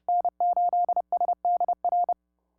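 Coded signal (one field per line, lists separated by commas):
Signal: Morse code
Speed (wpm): 29 wpm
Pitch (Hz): 710 Hz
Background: none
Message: N8SDR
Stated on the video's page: CW sent automatically as macros from Expert Electronics EESDR software via the TCI interface and SDC client.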